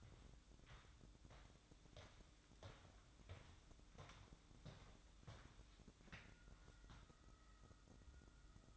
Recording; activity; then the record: daily activity, microphone in the room; walk to room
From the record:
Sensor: 3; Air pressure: 1008.2 hPa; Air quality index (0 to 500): 132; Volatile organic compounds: 2 ppm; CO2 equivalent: 1093 ppm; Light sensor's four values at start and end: 10/24/9/9 and 10/23/9/9